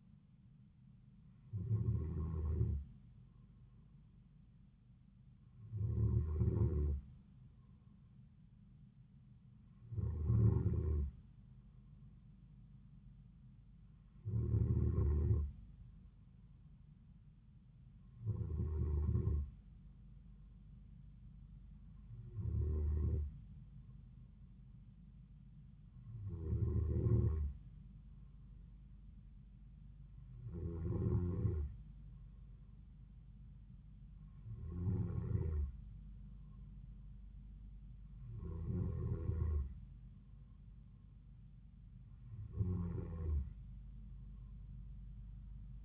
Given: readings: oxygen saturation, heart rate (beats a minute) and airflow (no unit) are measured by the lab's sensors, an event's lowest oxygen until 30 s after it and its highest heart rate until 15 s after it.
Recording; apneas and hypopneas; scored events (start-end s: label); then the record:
breathing in sleep by a smartphone at the bedside; none
none scored
From the record:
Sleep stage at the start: N2 (light sleep); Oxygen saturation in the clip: 93 to 94%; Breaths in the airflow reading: 11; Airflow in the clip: -3.8 to 3.3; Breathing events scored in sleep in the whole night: 270 in 6.1 hours asleep